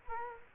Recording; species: mosquito wingbeat signal from an infrared sensor; Culex quinquefasciatus